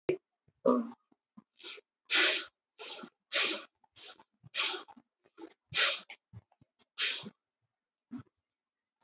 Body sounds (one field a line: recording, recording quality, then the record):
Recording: shallow breathing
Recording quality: excellent, no background noise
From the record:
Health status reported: healthy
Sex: female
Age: 58 years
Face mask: not worn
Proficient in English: yes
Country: India